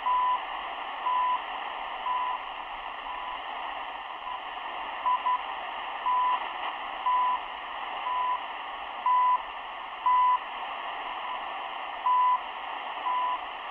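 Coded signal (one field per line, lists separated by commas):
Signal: radio time signal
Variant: CHU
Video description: Radio Estación de Señal Horaria.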